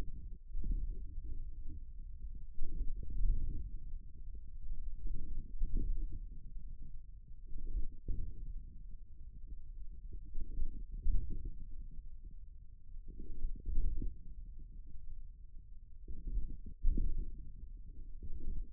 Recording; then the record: forearm muscle sounds (acoustic myography)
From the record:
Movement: wrist flexion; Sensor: system 1, eight BSWA MPA416 microphones around the upper forearm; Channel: 8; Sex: male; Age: 41 years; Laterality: right